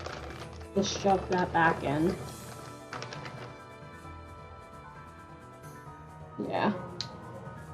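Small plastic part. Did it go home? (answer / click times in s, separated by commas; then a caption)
yes / 7.0 s. While an electric spinning wheel is being unboxed, a component that had been jostled loose is pushed back into its slot in the housing, and someone talks over faint background music. A sharp snap at 7.0 s marks the part seating back into place.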